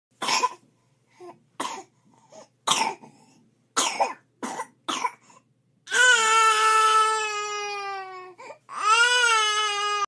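A baby gives about seven short, harsh coughs over five seconds, irregularly spaced. The coughing then turns into two sustained, high-pitched cries. This is an ordinary infant cough followed by crying.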